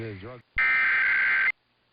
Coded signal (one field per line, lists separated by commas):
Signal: Emergency Alert System (SAME) tones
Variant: header bursts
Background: speech